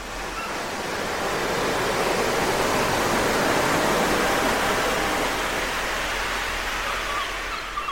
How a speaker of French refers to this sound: Je peux aussi ralentir les vagues.